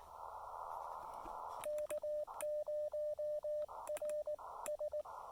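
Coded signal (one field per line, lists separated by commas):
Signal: Morse code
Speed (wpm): 19 wpm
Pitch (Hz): 590 Hz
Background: radio noise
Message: K0RS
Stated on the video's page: QRP CW activation for SOTA, POTA and WWFF at a state park, 5 watts into a CHA MPAS 2.0 antenna.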